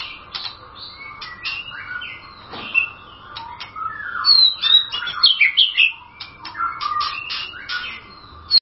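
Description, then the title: White-rumped shama singing a fast medley of high whistles, trills and sharp clicking notes, loudest midway. "Kicau Murai Batu"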